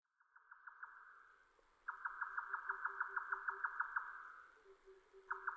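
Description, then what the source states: Grey nightjar giving rapid, evenly spaced knocking notes in runs: a short run, then a longer series, and another run starting at the end. Recorded 7 May 2005.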